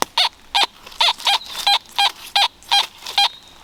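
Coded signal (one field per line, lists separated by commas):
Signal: none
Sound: metal detector tones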